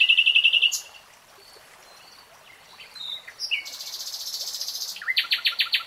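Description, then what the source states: Nightingale singing varied phrases: a rapid rattling trill, a pause with soft whistles, then buzzy high bursts and a loud quick repeated chatter. Nightingale singing in real time.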